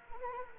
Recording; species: mosquito wingbeat signal from an infrared sensor; Anopheles arabiensis